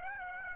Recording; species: mosquito wingbeat signal from an infrared sensor; Aedes aegypti